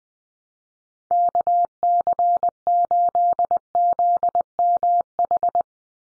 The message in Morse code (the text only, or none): KC8ZMH